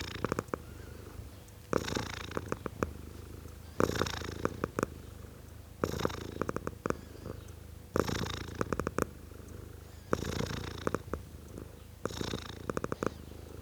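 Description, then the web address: Domestic cat giving a deep rhythmic purr, rumbling surges repeating about every two seconds with quieter stretches between. Tom cat purring, male domestic cat. "BBC Sound Effects Library (Cats) Tom Cat, Purring"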